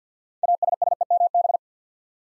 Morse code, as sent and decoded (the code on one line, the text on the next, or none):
.- ... ... . -- -...
ASSEMB